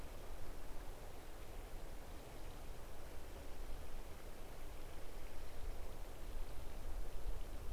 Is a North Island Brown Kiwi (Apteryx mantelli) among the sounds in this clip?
no